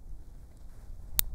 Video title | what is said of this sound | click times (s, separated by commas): ROCK ISLAND ARMORY (ARMSCOR) AL22B REVIEW | there was the cylinder stop there's the hammer locking into place I'll do that again | 0.6 s, 1.2 s